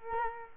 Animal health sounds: mosquito wingbeat signal from an infrared sensor; Culex quinquefasciatus

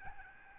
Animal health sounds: mosquito wingbeat signal from an infrared sensor; Aedes albopictus

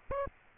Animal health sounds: mosquito wingbeat signal from an infrared sensor; Aedes aegypti

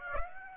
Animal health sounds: mosquito wingbeat signal from an infrared sensor; Aedes aegypti

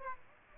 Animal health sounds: mosquito wingbeat signal from an infrared sensor; Aedes aegypti

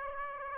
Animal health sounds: mosquito wingbeat signal from an infrared sensor; Aedes aegypti

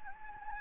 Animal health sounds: mosquito wingbeat signal from an infrared sensor; Anopheles gambiae

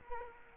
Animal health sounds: mosquito wingbeat signal from an infrared sensor; Culex quinquefasciatus

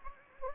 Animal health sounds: mosquito wingbeat signal from an infrared sensor; Anopheles gambiae

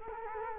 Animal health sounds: mosquito wingbeat signal from an infrared sensor; Culex quinquefasciatus

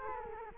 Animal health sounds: mosquito wingbeat signal from an infrared sensor; Culex quinquefasciatus

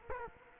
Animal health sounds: mosquito wingbeat signal from an infrared sensor; Culex quinquefasciatus

